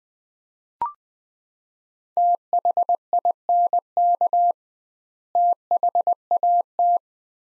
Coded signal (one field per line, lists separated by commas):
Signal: Morse code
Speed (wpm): 20 wpm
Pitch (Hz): 700 Hz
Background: none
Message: THINK THAT